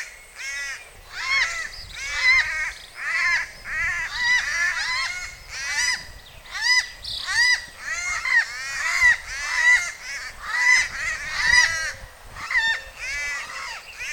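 Cuban palm crows cawing busily, with harsh nasal notes overlapping in quick, uneven bursts, suggesting several birds calling together.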